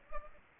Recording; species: mosquito wingbeat signal from an infrared sensor; Culex pipiens